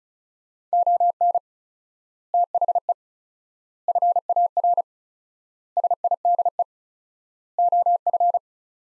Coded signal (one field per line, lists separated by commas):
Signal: Morse code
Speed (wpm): 34 wpm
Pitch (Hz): 700 Hz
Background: none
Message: ON THE FAR SIDE OF